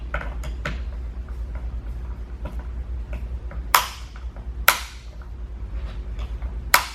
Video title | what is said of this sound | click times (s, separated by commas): How to Install the Yakima BaseLine CoreBar Roof Rack by Rack Attack | so I got my three clicks there I'm going to close the panel put my cover on | 3.8 s, 4.7 s, 6.7 s